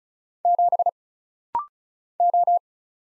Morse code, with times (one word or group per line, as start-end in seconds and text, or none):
0.5-0.9 7
2.2-2.6 O